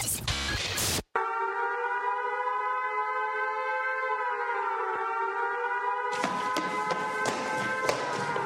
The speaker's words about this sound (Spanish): ¿Por qué están sonando las alarmas? Joder, porque hay una fusión en el núcleo.